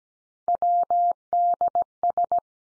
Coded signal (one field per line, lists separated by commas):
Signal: Morse code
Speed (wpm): 17 wpm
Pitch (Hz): 700 Hz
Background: none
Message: WDS